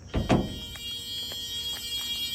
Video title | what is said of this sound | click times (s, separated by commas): BooBoo’s study guide for Bus Drivers | right it locks in place | 0.3 s